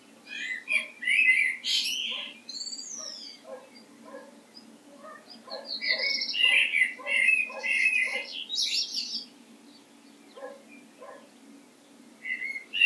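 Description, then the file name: Common blackbird: warbling and high twittery phrases, with short lower clipped notes repeated steadily through much. "Turdus merula"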